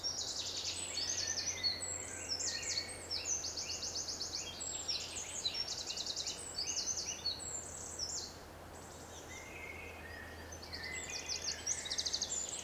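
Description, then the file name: Eurasian wren singing high, rapid trills in dense bursts, pausing near the two-thirds point before starting again, over a low steady hum. "Troglodytes troglodytes"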